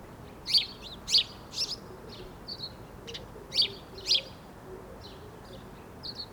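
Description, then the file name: House sparrow chirping, short sharp high chirps given singly and in pairs at irregular intervals, with a few softer notes between them. "Passer domesticus"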